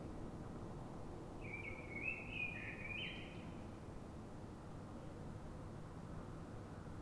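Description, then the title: Common blackbird with a single warbling, flute-like phrase that wavers up and down, over a steady low background rumble. Singing urban blackbird in Fuenlabrada, Madrid, Spain, before dawn, described as a call-type sound; recorded with a handheld digital recorder. "Pl. de Francisco Escolar, 10, Fuenlabrada, Madrid, España - Sonido Reclamo de Mirlo"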